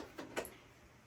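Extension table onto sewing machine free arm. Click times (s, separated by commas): 0.4 s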